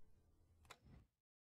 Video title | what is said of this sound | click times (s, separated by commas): Yakima HighRoad 8002114 Upright Bicycle Rooftop Bike Rack | tighten the knob on the front of the high road until you hear it lock | 0.7 s